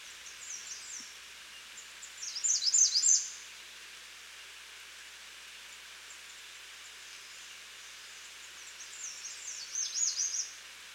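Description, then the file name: American redstart song, two high phrases of rapid slurred notes several seconds apart, the second softer, over a steady quiet background. "Setophaga ruticilla - American Redstart"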